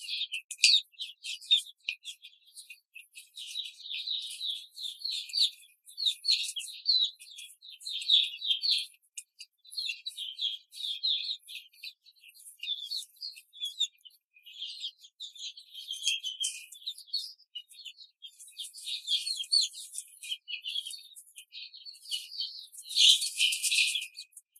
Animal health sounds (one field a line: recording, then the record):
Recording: young laying hens in a cage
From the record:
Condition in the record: control cage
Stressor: none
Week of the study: 5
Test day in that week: 1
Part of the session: 1